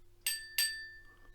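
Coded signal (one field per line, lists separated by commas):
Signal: bell signal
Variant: railway signal box bell code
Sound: two quick bright bell dings, about a third second apart, ringing briefly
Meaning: Acknowledges the train entering the section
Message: 2 strikes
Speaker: Two Bells and he responds to acknowledge that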